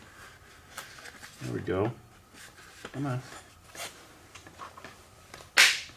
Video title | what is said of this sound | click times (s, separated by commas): FMS P-51D 800mm Detailed Unboxing and How To Build Review | there we go snaps right in there | 5.3 s